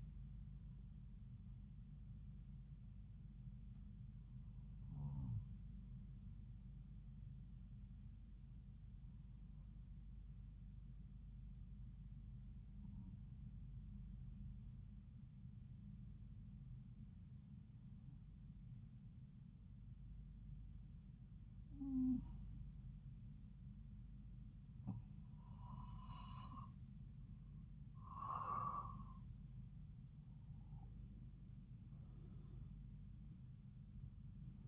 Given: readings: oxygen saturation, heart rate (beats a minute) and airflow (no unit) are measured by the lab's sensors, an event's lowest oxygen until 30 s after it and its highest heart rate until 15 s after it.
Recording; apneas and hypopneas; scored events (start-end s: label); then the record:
breathing in sleep by a smartphone at the bedside; 1
6.00-30.40 s: hypopnea (N2, oxygen 95% highest, then 91% lowest)
29.00-34.68 s: new sleep stage, N1 (lightest sleep)
From the record:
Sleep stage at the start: N2 (light sleep); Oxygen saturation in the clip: 93 to 95%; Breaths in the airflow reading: 8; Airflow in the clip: -6.7 to 9.1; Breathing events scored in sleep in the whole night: 270 in 6.1 hours asleep